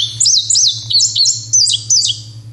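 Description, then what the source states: Indigo Bunting song, a lively series of high, paired slurred notes rising and falling, lurching along briskly for under three seconds over a faint low hum. Lurching, bouncy song with paired notes, rendered as 'what, where, see it' or 'help, quick, fire'; sings no matter what in summer.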